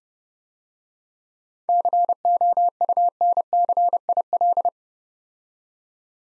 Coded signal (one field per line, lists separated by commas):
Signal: Morse code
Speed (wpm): 29 wpm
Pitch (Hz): 700 Hz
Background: none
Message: COUNCIL